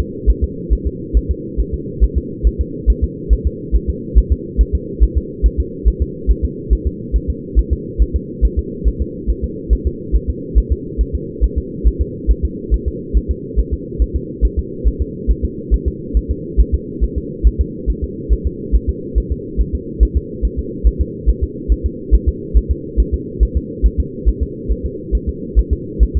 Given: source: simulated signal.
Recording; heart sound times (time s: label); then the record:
fetal heart sounds
0.00 s: S2
0.30 s: S1
0.44 s: S2
0.73 s: S1
0.87 s: S2
1.17 s: S1
1.31 s: S2
1.60 s: S1
1.74 s: S2
2.04 s: S1
2.18 s: S2
2.47 s: S1
2.61 s: S2
2.90 s: S1
3.04 s: S2
3.33 s: S1
3.47 s: S2
3.76 s: S1
3.90 s: S2
4.18 s: S1
4.32 s: S2
4.61 s: S1
4.75 s: S2
5.03 s: S1
5.17 s: S2
5.46 s: S1
5.60 s: S2
5.88 s: S1
6.02 s: S2
6.31 s: S1
6.45 s: S2
6.73 s: S1
6.87 s: S2
7.16 s: S1
7.30 s: S2
7.59 s: S1
7.73 s: S2
8.02 s: S1
8.16 s: S2
8.45 s: S1
8.59 s: S2
8.88 s: S1
9.02 s: S2
9.30 s: S1
9.44 s: S2
9.73 s: S1
9.87 s: S2
10.16 s: S1
10.30 s: S2
10.58 s: S1
10.72 s: S2
11.01 s: S1
11.15 s: S2
11.44 s: S1
11.58 s: S2
11.87 s: S1
12.02 s: S2
12.31 s: S1
12.45 s: S2
12.74 s: S1
12.88 s: S2
13.17 s: S1
13.31 s: S2
13.59 s: S1
13.73 s: S2
14.02 s: S1
14.16 s: S2
14.45 s: S1
14.59 s: S2
14.88 s: S1
15.02 s: S2
15.31 s: S1
15.45 s: S2
15.74 s: S1
15.88 s: S2
16.17 s: S1
16.31 s: S2
16.60 s: S1
16.75 s: S2
17.04 s: S1
17.18 s: S2
17.47 s: S1
17.61 s: S2
17.90 s: S1
18.04 s: S2
18.33 s: S1
18.47 s: S2
18.75 s: S1
18.89 s: S2
19.18 s: S1
19.32 s: S2
19.61 s: S1
19.75 s: S2
20.03 s: S1
20.17 s: S2
20.45 s: S1
20.59 s: S2
20.87 s: S1
21.01 s: S2
21.30 s: S1
21.44 s: S2
21.72 s: S1
21.86 s: S2
22.14 s: S1
22.29 s: S2
22.57 s: S1
22.71 s: S2
23.00 s: S1
23.14 s: S2
23.43 s: S1
23.57 s: S2
23.86 s: S1
24.00 s: S2
24.29 s: S1
24.43 s: S2
24.72 s: S1
24.86 s: S2
25.15 s: S1
25.29 s: S2
25.59 s: S1
25.73 s: S2
26.03 s: S1
26.17 s: S2
From the record:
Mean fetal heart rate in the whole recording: 140 bpm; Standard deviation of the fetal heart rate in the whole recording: 2 bpm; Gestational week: 34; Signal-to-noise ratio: -4.1 dB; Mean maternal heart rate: no maternal heart sound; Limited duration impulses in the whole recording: absent